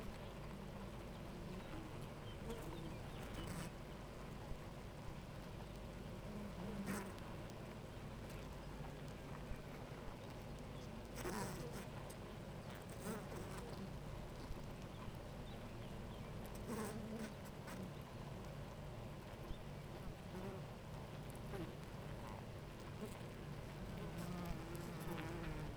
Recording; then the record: honeybee colony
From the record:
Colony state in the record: active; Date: 28 July 2017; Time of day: 9:33